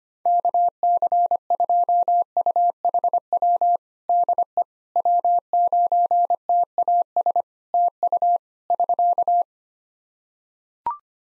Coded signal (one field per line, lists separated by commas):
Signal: Morse code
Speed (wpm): 25 wpm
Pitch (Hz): 700 Hz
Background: none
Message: KC2UHW DE W9TAS TU <SK>